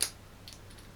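A Steyr SSG 69 rifle bolt head is turned into the bolt body with the pin at the bottom of the cocking handle pushed in. A loud, sharp click at 0.0 s shows the bolt head seating in its final position. Fainter ticks follow around 0.5 s.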